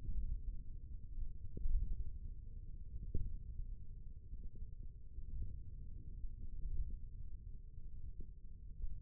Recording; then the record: forearm muscle sounds (acoustic myography)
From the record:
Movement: finger pinch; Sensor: system 1, eight BSWA MPA416 microphones around the upper forearm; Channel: 1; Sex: male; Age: 28 years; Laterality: right